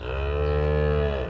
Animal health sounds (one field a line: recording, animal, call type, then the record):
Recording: contact call of a hoofed animal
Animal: cattle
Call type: low-frequency (closed-mouth) or high-frequency (open-mouth) call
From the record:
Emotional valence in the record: positive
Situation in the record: physical reunion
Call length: 1.30 s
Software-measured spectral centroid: 1340 Hz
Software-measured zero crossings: 880 a second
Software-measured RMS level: -24 dBFS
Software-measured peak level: -12 dBFS